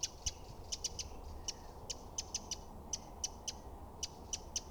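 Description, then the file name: Eurasian wren giving sharp, dry ticking calls, single or in quick pairs, scattered irregularly over a steady low background hiss. "Troglodytes troglodytes"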